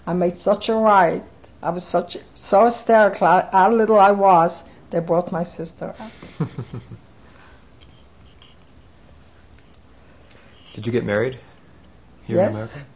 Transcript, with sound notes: I made such a riot, I was such, so hysterical, how little I was, they brought my sister.
( he laughs ) Did you get married? Here in America?